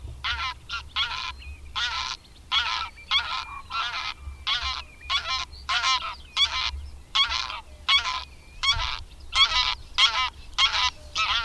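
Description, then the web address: Greylag goose honks, a long series of many nasal trumpeting notes. "Madardalok. Nyári lúd"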